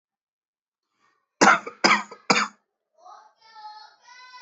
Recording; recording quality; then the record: shallow voluntary cough; moderate, slight background noise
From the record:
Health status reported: exposed to COVID-19, no respiratory illness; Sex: male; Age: 30 years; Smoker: yes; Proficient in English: yes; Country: India